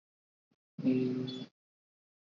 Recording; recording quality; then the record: sustained vowel as in beet; moderate, slight background noise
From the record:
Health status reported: respiratory illness, not identified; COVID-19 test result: not tested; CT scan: not taken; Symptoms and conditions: fever, fatigue, muscle pain, diarrhoea, asthma, hypertension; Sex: male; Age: 42 years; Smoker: yes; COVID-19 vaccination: both doses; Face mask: worn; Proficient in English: yes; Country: India